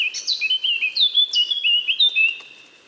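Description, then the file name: Eurasian blackcap song: a rich run of clear, fluting whistled phrases sliding up and down, ending in a softer trailing note. "Sylvia atricapilla"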